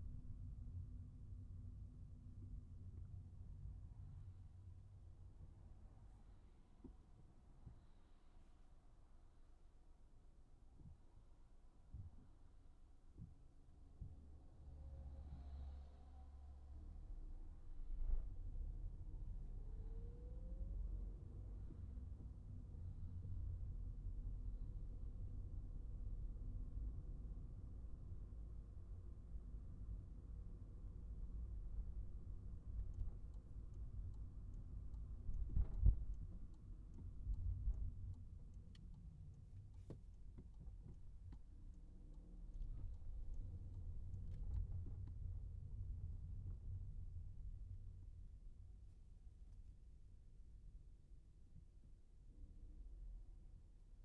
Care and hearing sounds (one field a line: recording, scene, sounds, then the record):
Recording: everyday scene through a hearing-aid microphone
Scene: in a vehicle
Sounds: engine, traffic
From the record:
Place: Skoda Fabia, gasoline engine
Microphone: behind the ear, right, rear